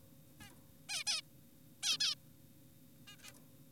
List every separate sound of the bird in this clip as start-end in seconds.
0.41-0.51, 0.89-1.04, 1.07-1.22, 1.83-1.98, 2.00-2.15, 3.08-3.16, 3.20-3.33